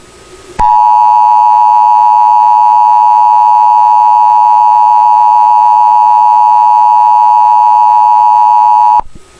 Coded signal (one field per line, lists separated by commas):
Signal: Emergency Alert System (SAME) tones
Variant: 853 and 960 Hz attention tone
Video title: e EAS alarm earrape